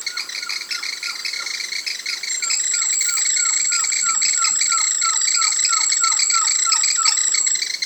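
Bird calls, short down-slurred notes repeated nearly three times a second, over dense, high, pulsing noise with a steady thin whine.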